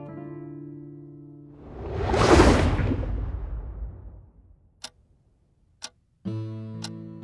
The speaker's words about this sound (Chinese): 昏暗漆黑的房间里，时钟滴滴答答的声音一下下响起。